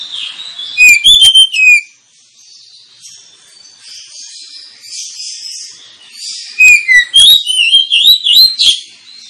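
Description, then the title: Oriental magpie-robin singing loud, clear whistled phrases with falling slurs, separated by a stretch of quieter, continuous high warbling. Lure (pancingan) recording of a kacer meant to provoke other kacer birds into singing and fighting; described as persistent 'full tembakan' singing, making birds 'ngeplong gacor'. "Kacer Langsung Tarung Konslet KACER NGOTOT FULL TEMBAKAN. Kacer dimana SAJA Bakalan NGEPLONG GACOR dengan Pancingan Kacer ini"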